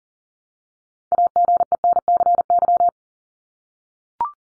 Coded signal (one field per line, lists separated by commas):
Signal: Morse code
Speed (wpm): 40 wpm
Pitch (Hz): 700 Hz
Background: none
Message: AGENCY